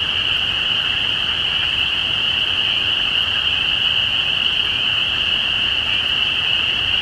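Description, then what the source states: Continuous spring peeper chorus, shrill high notes overlapping into one even ringing sound, over a soft low rumble. Recorded at Easter 2017.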